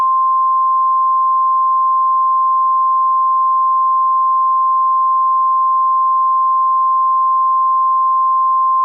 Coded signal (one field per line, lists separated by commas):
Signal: Emergency Alert System (SAME) tones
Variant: 1050 Hz attention tone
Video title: (Angry EAS with valid tones) A totally normal required weekly test